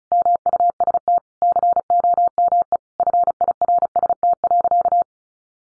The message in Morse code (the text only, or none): MUST COME FIRST.